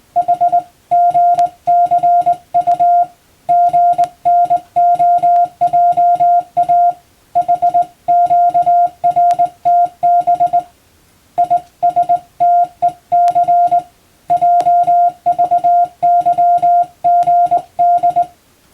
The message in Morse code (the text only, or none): H GCU GNOJA HQRTB ISTEC JVYGD